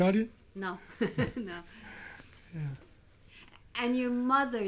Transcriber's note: she laughs